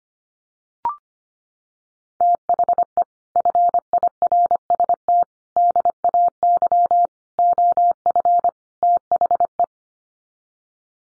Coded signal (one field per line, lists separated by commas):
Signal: Morse code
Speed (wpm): 25 wpm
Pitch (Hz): 700 Hz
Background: none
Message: THE FIRST DAY OF THE